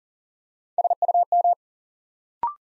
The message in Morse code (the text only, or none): SUM